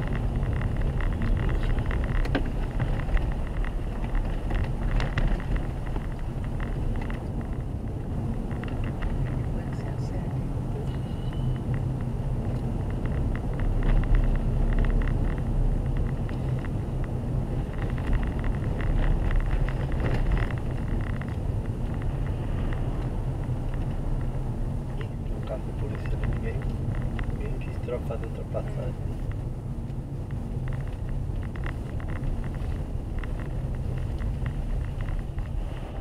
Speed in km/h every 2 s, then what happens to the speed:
31, 30, 30, 30, 34, 35, 37, 36, 36, 35, 31, 32, 30, 29, 28, 26, 25, 19.
0-36 slows to 19.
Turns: none.